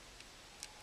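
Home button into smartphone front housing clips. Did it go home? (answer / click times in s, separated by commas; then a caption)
yes / 0.6 s. An iPhone 4 home button assembly is pressed gently down with tweezers into the small retaining clips of the phone's front housing. A faint tick at 0.2 s is followed by a sharp, bright click at 0.6 s, over quiet background noise. The home button has snapped into its clips and is seated.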